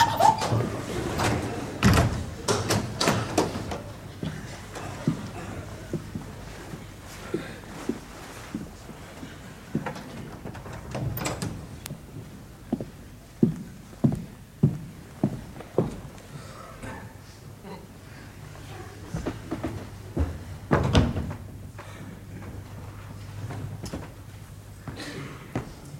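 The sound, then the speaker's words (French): A door is handled repeatedly: sharp clunks and rattling knocks come in bursts, with a heavier thud partway through and another near the end, while faint voices murmur in between. “Madame, en m'exposant à briser cette porte, réfléchissez au suite.”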